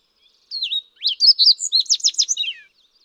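Fox sparrow song: a burst of slurred whistled notes followed by a rapid series of bright, rich phrases, ending with a falling note, about two seconds long.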